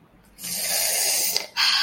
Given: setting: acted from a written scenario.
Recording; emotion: vocal sound without words; contentment